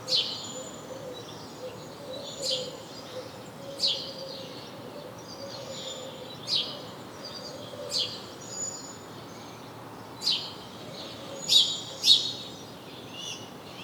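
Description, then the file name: House sparrow chirping: short, sharp, high notes at uneven intervals, mostly single with one quick pair. "Passer domesticus"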